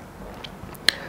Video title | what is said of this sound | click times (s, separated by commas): SKD M4 SS Electric Gel Blaster Rifle By Airsoft Gun India | lock हो गई magazine. | 0.9 s